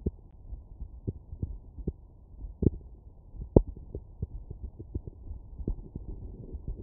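An adult's heartbeat heard through a medical stethoscope.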